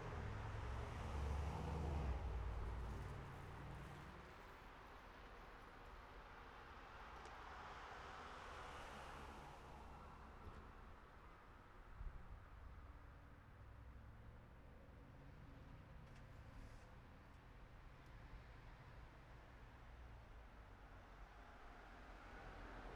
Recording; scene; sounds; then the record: everyday scene through a hearing-aid microphone; in traffic; traffic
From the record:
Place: city secondary road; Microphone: behind the ear, right, front